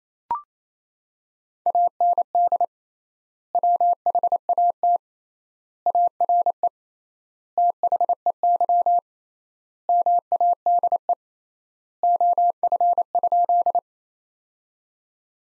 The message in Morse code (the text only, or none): AND WHAT ARE THEY MADE OF?